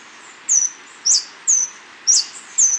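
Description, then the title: Scale-throated Hermit: five piercing, high squeaky call notes, each brief, spaced about half a second apart. Subspecies Phaethornis eurynome eurynome, assumed from location. "LuckyPassaro Completos2Sama. Scale-throated Hermit (Phaethornis eurynome eurynome (ssp assumed from location))"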